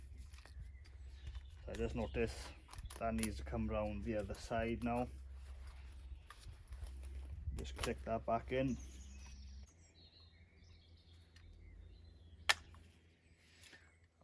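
Someone talks while refitting the wick assembly into the metal burner of an Aladdin paraffin greenhouse heater, with a low hum under the speech. The wick part is pushed back in, and a single sharp, loud click at 12.5 s shows it has seated into place.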